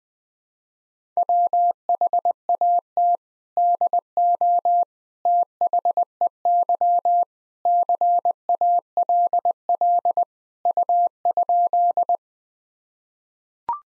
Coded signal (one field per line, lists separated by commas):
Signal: Morse code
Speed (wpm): 20 wpm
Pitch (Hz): 700 Hz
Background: none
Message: WHAT DO THEY CALL U?